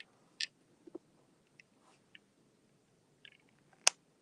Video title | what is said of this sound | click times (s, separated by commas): Take two | ah that's how it snaps in place | 3.9 s